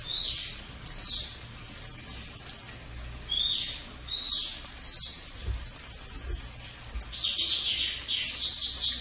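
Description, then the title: Cililin song: high thin upslurred whistles and short sweeping phrases, several notes grouped into bursts with brief pauses between them. Master recording of its song for tutoring caged birds, also usable as a lure. "MASTERAN AMPUH SUARA BURUNG CILILIN BISA JUGA PANCINGAN CILILIN"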